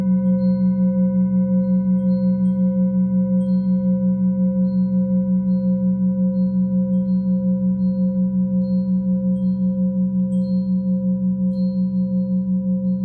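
A singing bowl hums steadily throughout, its deep, warm tone held at an even level with a slow, regular pulsing wobble. Fainter high overtones ring above it, and soft brief chirps flicker intermittently near the top.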